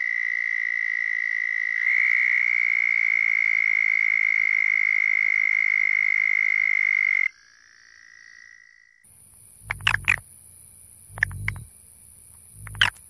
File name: Bufo terrestris - Southern Toad